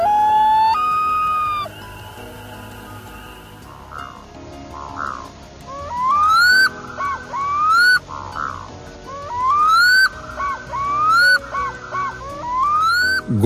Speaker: Сейчас вы слышите голос чернозобой гагары.